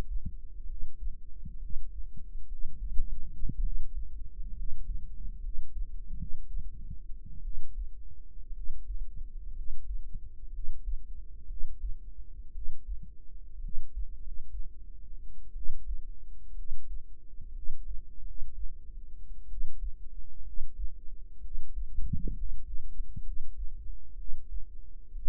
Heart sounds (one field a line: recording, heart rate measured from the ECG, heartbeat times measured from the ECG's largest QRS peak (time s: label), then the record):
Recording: heart sounds by microphone in the right ear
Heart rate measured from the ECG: 61 bpm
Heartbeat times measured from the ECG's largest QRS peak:
0.63 s: heartbeat
1.57 s: heartbeat
2.45 s: heartbeat
3.59 s: heartbeat
4.51 s: heartbeat
5.38 s: heartbeat
6.13 s: heartbeat
7.40 s: heartbeat
8.50 s: heartbeat
9.51 s: heartbeat
10.48 s: heartbeat
11.45 s: heartbeat
12.49 s: heartbeat
13.58 s: heartbeat
14.17 s: heartbeat
15.51 s: heartbeat
16.52 s: heartbeat
17.50 s: heartbeat
18.21 s: heartbeat
19.45 s: heartbeat
20.41 s: heartbeat
21.39 s: heartbeat
22.31 s: heartbeat
23.20 s: heartbeat
24.13 s: heartbeat
25.10 s: heartbeat
From the record:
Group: healthy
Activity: rest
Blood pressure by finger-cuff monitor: 114/71 mmHg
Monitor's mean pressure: 84 mmHg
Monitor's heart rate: 61 bpm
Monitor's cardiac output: 5.2 L/min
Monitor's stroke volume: 87 mL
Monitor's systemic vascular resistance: 1160 dyn s/cm5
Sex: female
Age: 22 years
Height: 171 cm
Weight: 65.6 kg